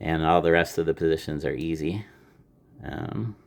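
A man talks while handling a Jack Wolf Gateway stockman slipjoint pocket knife, working its steel blades toward their backspring detent positions. His voice runs until about 2.1 s, falls quiet briefly, then he speaks again from about 2.8 s to 3.3 s. Nothing has seated or clicked yet; the clip ends just before a blade snaps home.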